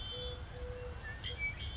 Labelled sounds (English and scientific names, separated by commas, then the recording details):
Eurasian Collared Dove (Streptopelia decaocto)
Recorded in Sonoma County, California